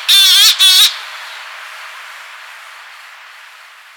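Cory's shearwater flight call: two loud, harsh, nasal wailing notes in quick succession, rich in harmonics, then fading into a quiet hiss.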